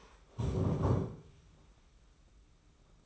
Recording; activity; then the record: daily activity, microphone in the room; stand up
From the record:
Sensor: 1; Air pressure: 991.7 hPa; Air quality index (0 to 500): 163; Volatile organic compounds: 1000 ppm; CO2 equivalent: 6101 ppm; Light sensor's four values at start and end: 31/104/40/41 and 30/101/39/40